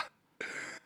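A single short, rough cough of under half a second follows a brief breathy onset and a moment of quiet. The cough is dry and harsh, close to a throat clear, from an adult in a small room who coughs all the time from heavy smoking.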